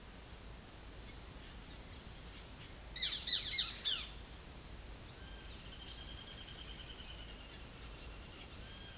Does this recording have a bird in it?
yes